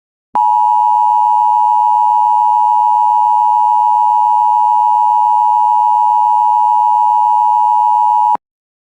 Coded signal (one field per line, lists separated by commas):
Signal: Emergency Alert System (SAME) tones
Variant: 853 and 960 Hz attention tone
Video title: DOUBLE HEARDER (EAS #206-207 Tornado Watches On WJON-IP